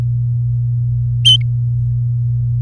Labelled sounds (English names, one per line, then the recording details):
Domestic Canary song
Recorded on 4 May 2018 at 07:59
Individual llb16